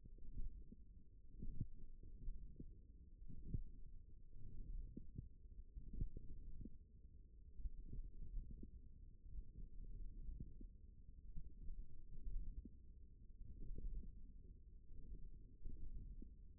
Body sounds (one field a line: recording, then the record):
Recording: forearm muscle sounds (acoustic myography)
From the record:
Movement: hand closing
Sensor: system 1, eight BSWA MPA416 microphones around the upper forearm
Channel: 4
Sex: female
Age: 21 years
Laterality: right